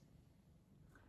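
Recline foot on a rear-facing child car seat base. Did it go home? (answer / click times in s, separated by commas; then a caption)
yes / 1.0 s. A plastic recline foot on an Axkid Movekid rear-facing child car seat, with the seat lying on its back, is folded out until it locks. A quiet, short click is heard at 1.0 s as the foot seats in place.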